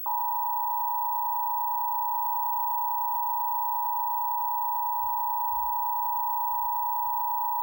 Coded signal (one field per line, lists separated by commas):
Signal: Emergency Alert System (SAME) tones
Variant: 853 and 960 Hz attention tone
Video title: New Jersey EAS Monthly Test on the Optimum EAS Channel (8/19/2025)